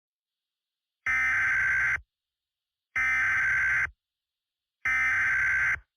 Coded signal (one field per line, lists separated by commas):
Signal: Emergency Alert System (SAME) tones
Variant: header bursts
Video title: (eas scenario recreation) THE ORPHAN SOURCE (i was lazy asf)